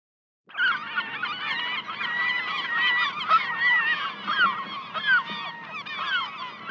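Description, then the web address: Gulls break into calling after a brief silence, a steady mass of wailing cries with a few clear drawn-out notes rising above the crowd. "seagulls"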